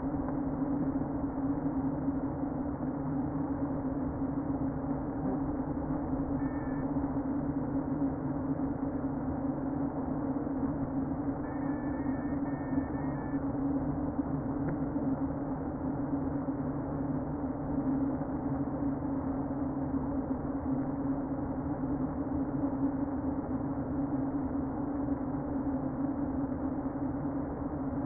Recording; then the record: honeybee colony, microphone inside the hive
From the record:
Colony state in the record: queen present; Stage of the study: before two queens were removed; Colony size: about 60,000 bees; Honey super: yes